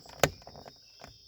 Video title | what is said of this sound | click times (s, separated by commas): Just A Bit Of Self Indulgence | right there and that should snap into place | 0.2 s